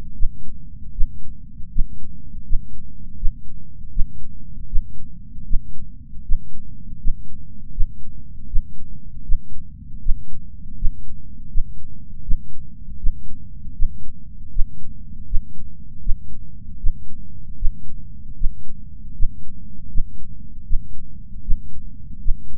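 An adult's heartbeat.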